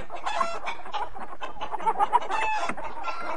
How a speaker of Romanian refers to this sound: Când auziră asta, găinile scoaseră un țipă teribil.